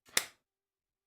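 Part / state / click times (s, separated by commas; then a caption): joystick restrictor gate into arcade stick lever housing / seated / 0.2 s. A circular plastic restrictor gate is pressed by its tabs into the joystick lever housing of a Qanba Q1 arcade stick. A faint handling rustle leads into one sharp, bright snap at 0.2 s that fades within a fraction of a second, followed by silence. The gate snaps into place and is seated.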